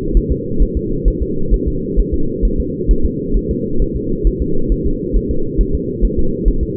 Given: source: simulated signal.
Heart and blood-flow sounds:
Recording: fetal heart sounds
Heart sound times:
0.17 s: S1
0.32 s: S2
0.62 s: S1
0.77 s: S2
1.08 s: S1
1.22 s: S2
1.54 s: S1
1.68 s: S2
1.99 s: S1
2.14 s: S2
2.45 s: S1
2.60 s: S2
2.91 s: S1
3.05 s: S2
3.37 s: S1
3.51 s: S2
3.82 s: S1
3.96 s: S2
4.27 s: S1
4.42 s: S2
4.72 s: S1
4.86 s: S2
5.16 s: S1
5.31 s: S2
5.61 s: S1
5.75 s: S2
6.05 s: S1
6.19 s: S2
6.48 s: S1
6.63 s: S2
From the record:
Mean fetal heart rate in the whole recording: 135 bpm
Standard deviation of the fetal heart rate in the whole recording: 3 bpm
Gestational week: 36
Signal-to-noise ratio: -8.1 dB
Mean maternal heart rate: 72 bpm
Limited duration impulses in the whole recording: absent

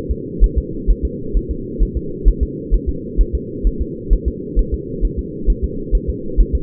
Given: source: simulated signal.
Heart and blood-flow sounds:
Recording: fetal heart sounds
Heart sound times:
0.11 s: S2
0.44 s: S1
0.58 s: S2
0.90 s: S1
1.05 s: S2
1.37 s: S1
1.51 s: S2
1.83 s: S1
1.97 s: S2
2.28 s: S1
2.43 s: S2
2.74 s: S1
2.89 s: S2
3.21 s: S1
3.35 s: S2
3.67 s: S1
3.81 s: S2
4.13 s: S1
4.28 s: S2
4.59 s: S1
4.74 s: S2
5.05 s: S1
5.19 s: S2
5.50 s: S1
5.64 s: S2
5.95 s: S1
6.09 s: S2
6.40 s: S1
6.55 s: S2
From the record:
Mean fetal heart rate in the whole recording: 130 bpm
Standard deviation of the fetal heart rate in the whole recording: 2 bpm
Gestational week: 36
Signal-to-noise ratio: -4.3 dB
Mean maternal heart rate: 72 bpm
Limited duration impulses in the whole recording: absent

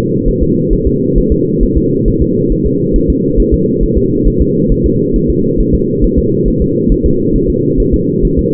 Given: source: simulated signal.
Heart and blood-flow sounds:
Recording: fetal heart sounds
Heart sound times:
0.28 s: S1
0.43 s: S2
0.73 s: S1
0.87 s: S2
1.18 s: S1
1.32 s: S2
1.63 s: S1
1.77 s: S2
2.08 s: S1
2.22 s: S2
2.52 s: S1
2.66 s: S2
2.96 s: S1
3.10 s: S2
3.40 s: S1
3.54 s: S2
3.83 s: S1
3.97 s: S2
4.27 s: S1
4.42 s: S2
4.72 s: S1
4.86 s: S2
5.16 s: S1
5.30 s: S2
5.60 s: S1
5.75 s: S2
6.04 s: S1
6.18 s: S2
6.48 s: S1
6.62 s: S2
6.92 s: S1
7.06 s: S2
7.36 s: S1
7.50 s: S2
7.80 s: S1
7.94 s: S2
8.25 s: S1
8.39 s: S2
From the record:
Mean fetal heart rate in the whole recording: 135 bpm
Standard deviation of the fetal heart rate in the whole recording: 3 bpm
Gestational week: 36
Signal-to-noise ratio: -11.2 dB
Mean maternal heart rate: 72 bpm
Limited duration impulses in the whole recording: present

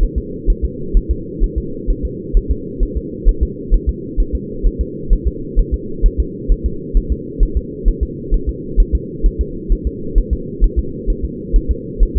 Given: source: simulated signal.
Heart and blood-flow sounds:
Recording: fetal heart sounds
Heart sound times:
0.03 s: S1
0.18 s: S2
0.50 s: S1
0.65 s: S2
0.97 s: S1
1.11 s: S2
1.44 s: S1
1.58 s: S2
1.90 s: S1
2.05 s: S2
2.37 s: S1
2.51 s: S2
2.83 s: S1
2.97 s: S2
3.29 s: S1
3.43 s: S2
3.74 s: S1
3.89 s: S2
4.20 s: S1
4.35 s: S2
4.66 s: S1
4.81 s: S2
5.13 s: S1
5.28 s: S2
5.59 s: S1
5.74 s: S2
6.06 s: S1
6.20 s: S2
6.51 s: S1
6.66 s: S2
6.97 s: S1
7.12 s: S2
7.43 s: S1
7.57 s: S2
7.88 s: S1
8.03 s: S2
8.34 s: S1
8.49 s: S2
8.80 s: S1
8.95 s: S2
9.26 s: S1
9.41 s: S2
9.72 s: S1
9.87 s: S2
10.18 s: S1
10.33 s: S2
10.64 s: S1
10.79 s: S2
11.10 s: S1
11.25 s: S2
11.56 s: S1
11.71 s: S2
12.03 s: S1
12.17 s: S2
From the record:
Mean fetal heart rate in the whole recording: 130 bpm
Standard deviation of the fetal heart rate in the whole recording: 2 bpm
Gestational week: 38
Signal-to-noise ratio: -4.3 dB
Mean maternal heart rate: 72 bpm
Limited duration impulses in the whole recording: absent

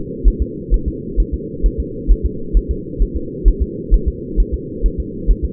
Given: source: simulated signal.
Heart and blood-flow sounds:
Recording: fetal heart sounds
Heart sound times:
0.28 s: S1
0.42 s: S2
0.74 s: S1
0.88 s: S2
1.20 s: S1
1.34 s: S2
1.66 s: S1
1.80 s: S2
2.12 s: S1
2.26 s: S2
2.57 s: S1
2.71 s: S2
3.02 s: S1
3.16 s: S2
3.48 s: S1
3.62 s: S2
3.94 s: S1
4.08 s: S2
4.40 s: S1
4.54 s: S2
4.86 s: S1
5.00 s: S2
5.31 s: S1
5.45 s: S2
From the record:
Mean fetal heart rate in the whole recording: 135 bpm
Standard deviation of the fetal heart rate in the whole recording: 3 bpm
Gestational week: 36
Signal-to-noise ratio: -4.3 dB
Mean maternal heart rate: 72 bpm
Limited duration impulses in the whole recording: absent

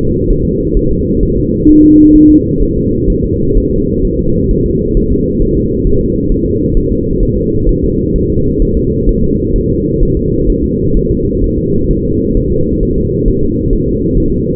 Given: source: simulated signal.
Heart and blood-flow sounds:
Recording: fetal heart sounds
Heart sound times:
0.30 s: S1
0.45 s: S2
0.77 s: S1
0.91 s: S2
1.23 s: S1
1.37 s: S2
1.69 s: S1
1.84 s: S2
2.16 s: S1
2.30 s: S2
2.62 s: S1
2.77 s: S2
3.10 s: S1
3.24 s: S2
3.57 s: S1
3.72 s: S2
4.05 s: S1
4.19 s: S2
4.51 s: S1
4.66 s: S2
4.97 s: S1
5.12 s: S2
5.42 s: S1
5.57 s: S2
5.87 s: S1
6.01 s: S2
6.32 s: S1
6.46 s: S2
6.77 s: S1
6.92 s: S2
7.23 s: S1
7.37 s: S2
7.69 s: S1
7.84 s: S2
8.16 s: S1
8.30 s: S2
8.62 s: S1
8.77 s: S2
9.09 s: S1
9.24 s: S2
9.56 s: S1
9.70 s: S2
10.03 s: S1
10.17 s: S2
10.50 s: S1
10.64 s: S2
10.97 s: S1
11.11 s: S2
11.44 s: S1
11.58 s: S2
11.91 s: S1
12.05 s: S2
12.37 s: S1
12.52 s: S2
12.83 s: S1
12.97 s: S2
13.28 s: S1
13.43 s: S2
13.73 s: S1
13.88 s: S2
14.18 s: S1
14.32 s: S2
From the record:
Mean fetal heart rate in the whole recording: 130 bpm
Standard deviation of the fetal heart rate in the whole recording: 4 bpm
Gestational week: 38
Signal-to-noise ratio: -15.3 dB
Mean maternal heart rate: 72 bpm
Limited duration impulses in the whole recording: present

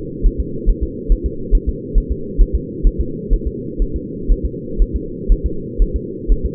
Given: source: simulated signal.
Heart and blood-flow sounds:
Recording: fetal heart sounds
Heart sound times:
0.26 s: S1
0.40 s: S2
0.69 s: S1
0.83 s: S2
1.12 s: S1
1.26 s: S2
1.55 s: S1
1.69 s: S2
1.98 s: S1
2.12 s: S2
2.41 s: S1
2.55 s: S2
2.87 s: S1
3.00 s: S2
3.33 s: S1
3.47 s: S2
3.82 s: S1
3.96 s: S2
4.32 s: S1
4.45 s: S2
4.82 s: S1
4.96 s: S2
5.32 s: S1
5.46 s: S2
5.82 s: S1
5.96 s: S2
6.32 s: S1
6.46 s: S2
From the record:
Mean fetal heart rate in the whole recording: 130 bpm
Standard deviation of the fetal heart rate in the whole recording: 4 bpm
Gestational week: 38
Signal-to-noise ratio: -4.3 dB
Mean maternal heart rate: 72 bpm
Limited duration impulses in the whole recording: absent

